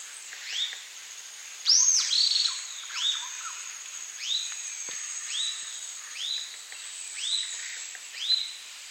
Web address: Natures Songs S America Eastern Lowlands Orange-eyed Flatbill